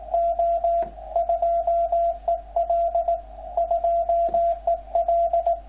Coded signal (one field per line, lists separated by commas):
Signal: Morse code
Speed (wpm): 20 wpm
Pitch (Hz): 680 Hz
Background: radio noise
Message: O 2EL 2EL